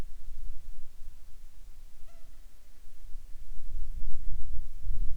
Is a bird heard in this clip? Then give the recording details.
no. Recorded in the Arctic National Wildlife Refuge, Alaska, on 7 July 2019 at 19:08. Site 41